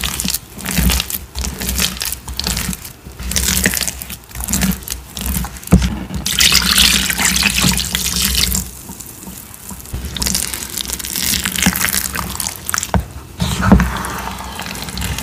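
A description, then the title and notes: Dyed chalk cubes and cornstarch pieces are crushed in a dense run of crisp, crackly crunches with sharp snaps throughout. A steady low hum sits underneath, and a gritty, hissing crumble swells around the middle and again near the end. ASMR 4-in-1 Crushing Sounds of Dyed Cubes, Chalk Bombs, Cornstarch Crunchies, Confetti Reforms.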